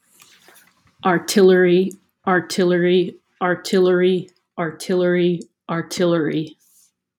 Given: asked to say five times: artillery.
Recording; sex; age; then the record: repeated word; female; 30 to 39 years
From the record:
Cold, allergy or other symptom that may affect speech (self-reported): no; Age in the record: 33 years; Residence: New York, United States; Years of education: 19